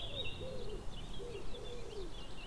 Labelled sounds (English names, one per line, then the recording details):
Eurasian Blackcap
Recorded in Germany
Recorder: ecoPi